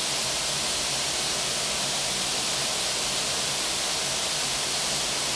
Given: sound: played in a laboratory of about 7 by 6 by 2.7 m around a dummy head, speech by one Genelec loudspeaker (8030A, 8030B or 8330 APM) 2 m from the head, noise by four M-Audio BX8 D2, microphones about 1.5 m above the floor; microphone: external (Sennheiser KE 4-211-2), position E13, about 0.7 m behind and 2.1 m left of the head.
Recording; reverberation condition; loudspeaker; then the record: white noise; high; four, about 170 cm from the corners of the room and facing them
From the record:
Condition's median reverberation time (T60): about 1300 ms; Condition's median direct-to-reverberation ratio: about -4.0 dB